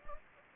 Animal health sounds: mosquito wingbeat signal from an infrared sensor; Anopheles gambiae

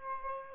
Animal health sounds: mosquito wingbeat signal from an infrared sensor; Aedes albopictus

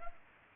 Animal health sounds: mosquito wingbeat signal from an infrared sensor; Culex pipiens

